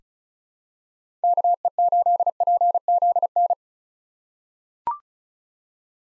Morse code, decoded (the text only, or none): KE8PZN